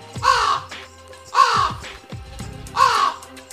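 A black crow perched in a bush gives three loud, harsh caws spaced about a second or more apart, each a raspy, nasal call with no voices around it.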